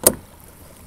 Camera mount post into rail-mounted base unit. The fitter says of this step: it's just a simple matter of taking the camera mount and pushing it in locks in place and you're all set to go